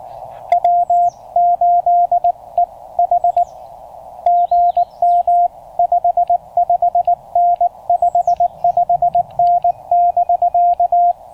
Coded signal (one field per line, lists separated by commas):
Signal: Morse code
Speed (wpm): 19 wpm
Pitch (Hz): 690 Hz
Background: radio noise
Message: W8EH GM 55N 55N <BK>